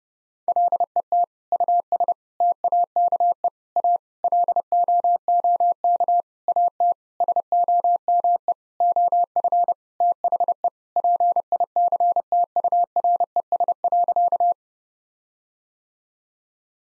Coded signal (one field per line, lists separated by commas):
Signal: Morse code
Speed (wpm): 32 wpm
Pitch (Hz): 700 Hz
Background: none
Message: LET US TAKE A LOOK AT SOME OF THE PICTURES.